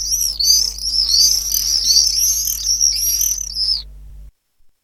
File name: apus apus